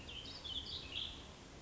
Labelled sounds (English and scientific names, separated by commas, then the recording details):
Warbling Vireo (Vireo gilvus)
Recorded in Sonoma County, California